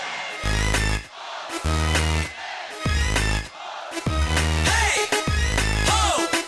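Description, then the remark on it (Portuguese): A loud crowd at a party shouts and cheers in repeated bursts, called on by an MC to raise their hands and shout, over pounding low bass, with rising and falling whoops breaking out near the end. “E grita!”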